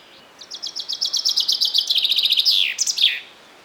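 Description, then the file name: Common chaffinch song: a bright, rapid series of repeated notes that slides gradually lower, closing with a short emphatic flourish. "Fringilla coelebs"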